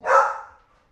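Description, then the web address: Golden retriever giving a single loud, rough bark that fades out over about half a second, followed by a short silence. "Sound Effects-Foundation 1 ANIMAL DOG GOLDEN RETRIEVER DOTTI BARK"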